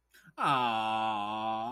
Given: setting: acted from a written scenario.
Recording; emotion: vocal sound without words; awe